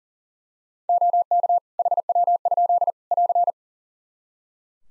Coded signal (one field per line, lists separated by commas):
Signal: Morse code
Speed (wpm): 40 wpm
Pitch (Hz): 700 Hz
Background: none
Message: OK HW? <AR>